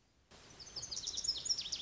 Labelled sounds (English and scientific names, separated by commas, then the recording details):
Lazuli Bunting (Passerina amoena)
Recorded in Sonoma County, California